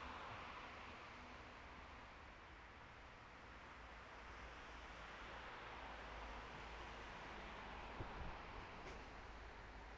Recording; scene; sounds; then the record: everyday scene through a hearing-aid microphone; in traffic; traffic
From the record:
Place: bus stop on a city main road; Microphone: behind the ear, right, front